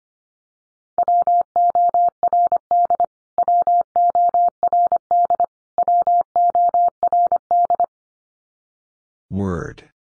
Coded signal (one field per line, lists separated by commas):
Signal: Morse code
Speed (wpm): 25 wpm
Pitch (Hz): 700 Hz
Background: none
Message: WORD WORD WORD